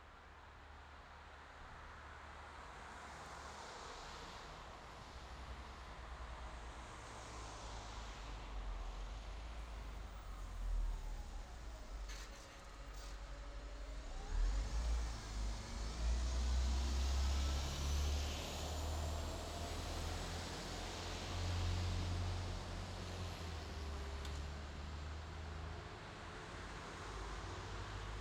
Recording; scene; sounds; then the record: everyday scene through a hearing-aid microphone; in traffic; traffic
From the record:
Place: bus stop on a city main road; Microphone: in the ear canal, left